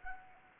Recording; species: mosquito wingbeat signal from an infrared sensor; Anopheles arabiensis